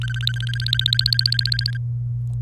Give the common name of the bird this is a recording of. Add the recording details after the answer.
Domestic Canary. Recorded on 27 April 2018 at 05:47. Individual llb3